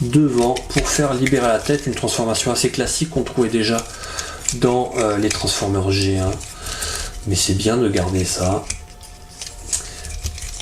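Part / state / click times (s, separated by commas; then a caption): plastic transformation part locking into the toy vehicle body / not seated / none. A plastic transformation part of a toy jeep is handled while the toy is being transformed into robot mode, with the front of the vehicle moved to free the head. Someone talks over soft plastic handling sounds, with a few small taps near the end. Nothing has seated or clicked into place yet.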